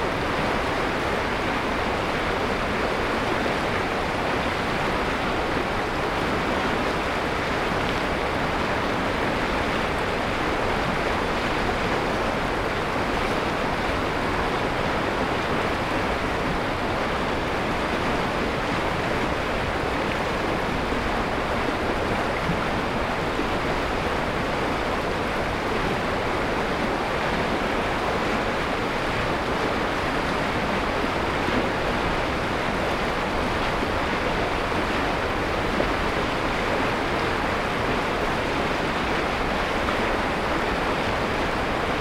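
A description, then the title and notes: Creek rapids rush in a steady, dense hiss and roar, unchanging throughout, with strong midrange and fuller low rumble. Darby Creek, Rapids.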